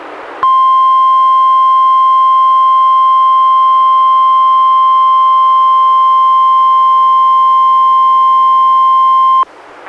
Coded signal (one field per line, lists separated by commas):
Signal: Emergency Alert System (SAME) tones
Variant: 1050 Hz attention tone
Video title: EAS #142-145: 4 NWR Required Weekly Tests- Oct. 26-Nov. 16, 2016